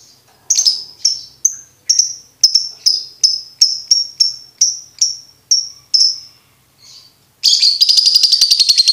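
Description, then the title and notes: Lovebird repeating sharp high chirps in a steady rhythm, then breaking into a continuous harsh, buzzy chatter. Master recording for lovebirds to learn ngekek song. "MASTERAN BURUNG 2. Belajar Ngekek. lofbet"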